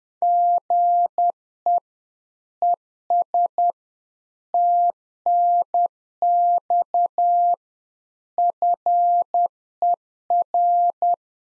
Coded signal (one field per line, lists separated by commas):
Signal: Morse code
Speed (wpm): 10 wpm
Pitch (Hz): 700 Hz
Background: none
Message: GE ES TNX FER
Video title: Practice QSO - Exchange 1- Beginning - 10wpm